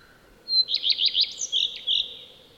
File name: Lepplintu Redstart